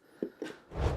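A plastic visor on a Ruroc Atlas 3.0 motorcycle helmet is lined up on its side mount and set one click open. Two short clicks sound at 0.2 s and 0.4 s, followed by a louder, broad rustling swell from about 0.7 s to the end. The visor is seated, clicking right into place once the sweet spot is found.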